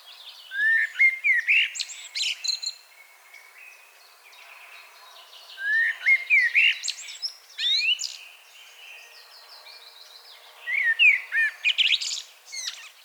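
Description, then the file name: Common blackbird song: three warbled phrases roughly five seconds apart, each a mellow fluted opening followed by a squeaky, chattering high ending. "Turdus merula"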